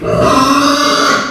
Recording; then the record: squeal of a Yucatan mini pig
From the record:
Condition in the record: after surgery on the right vocal fold (resection and tissue-engineered implant); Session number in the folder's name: 12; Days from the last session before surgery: 105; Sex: female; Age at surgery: 19 weeks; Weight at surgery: 25 kg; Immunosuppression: prednisolone